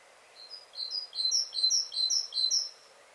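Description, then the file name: Great tit calling with a quick run of several high, sharp notes packed closely together in a brief burst. "Parus major"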